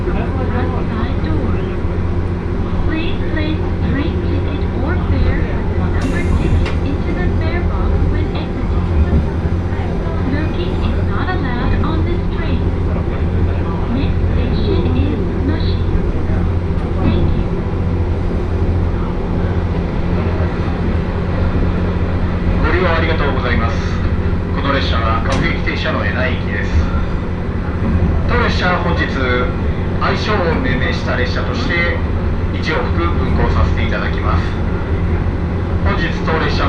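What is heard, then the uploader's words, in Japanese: Inside a crowded single-car railbus, a steady low engine drone runs throughout with constant chatter from passengers, including children and students. Voices grow busier and brighter after about 22 seconds, and a brief sharp squeal sounds near 6 seconds. 明知鉄道 明智→恵那。１両のレールバスは子供連れや高校生もいるなど一杯で予想外のにぎわいでした。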